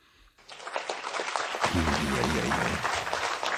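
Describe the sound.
A crowd breaks into sustained applause, a dense, steady wash of clapping that starts abruptly and holds loud, with voices joining in partway through.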